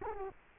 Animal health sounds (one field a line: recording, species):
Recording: mosquito wingbeat signal from an infrared sensor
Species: Culex quinquefasciatus